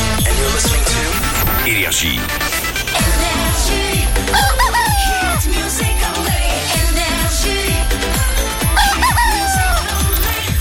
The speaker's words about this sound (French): Ah, c'est le coq de Noël.